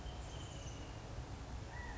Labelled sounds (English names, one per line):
California Quail